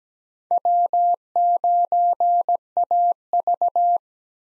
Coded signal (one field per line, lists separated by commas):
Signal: Morse code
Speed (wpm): 17 wpm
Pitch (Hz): 700 Hz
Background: none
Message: W9AV